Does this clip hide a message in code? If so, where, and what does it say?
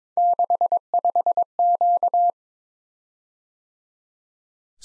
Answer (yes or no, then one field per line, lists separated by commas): yes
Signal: Morse code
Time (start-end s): 0.2-2.3 s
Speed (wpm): 21 wpm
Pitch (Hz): 700 Hz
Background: none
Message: 65Q